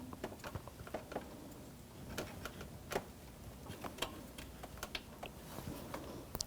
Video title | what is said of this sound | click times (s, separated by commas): How to Replace Radiator 2007-2017 Jeep Patriot 2.4L L4 | Locks right into place, one on both sides. Just let it lock in. You feel it snap right into place. | 5.0 s, 6.4 s